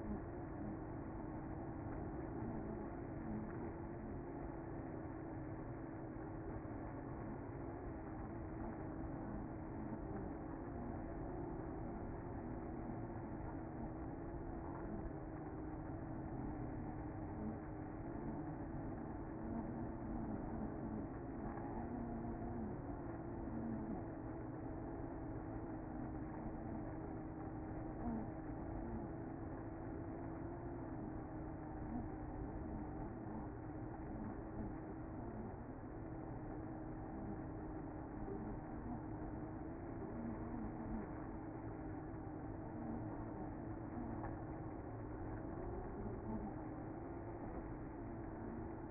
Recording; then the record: honeybee colony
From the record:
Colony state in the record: active